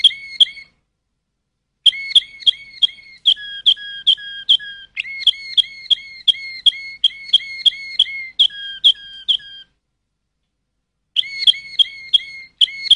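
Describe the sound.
Canary song of crisp repeated chips, several per second, mixed with lower whistled notes, in long phrases separated by short pauses.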